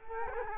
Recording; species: mosquito wingbeat signal from an infrared sensor; Culex quinquefasciatus